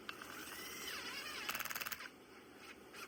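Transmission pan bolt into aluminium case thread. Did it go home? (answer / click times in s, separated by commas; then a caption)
no / none. A steel transmission pan bolt is run with a ratchet into the threaded hole in an aluminium transmission case, with a short series of rapid ratcheting clicks between about 1.5 and 1.9 s over steady background noise. The bolt gets snug first, but the thread strips out, and nothing has seated or clicked into place yet.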